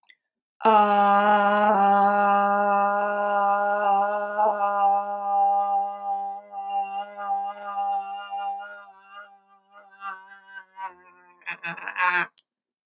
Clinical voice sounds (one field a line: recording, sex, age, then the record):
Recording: vowel held as long as possible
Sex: female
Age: 30 to 39 years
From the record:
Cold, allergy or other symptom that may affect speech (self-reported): no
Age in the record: 38 years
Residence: Colorado, United States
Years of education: 18